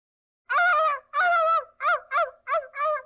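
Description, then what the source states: Dog whimpering, six nasal, wavering yelps; the first two long and even, the rest shorter and bending in pitch. Dog whining from pain.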